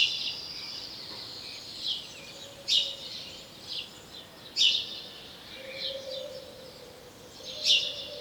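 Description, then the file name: House sparrow chirping, loud rasping notes spaced a couple of seconds apart with fainter chirps and twitters around them. "Passer domesticus"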